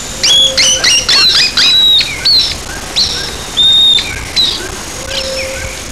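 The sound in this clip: Bird calls, many loud whistled chirps and rising and falling notes in quick irregular bursts, with two lower steady whistles.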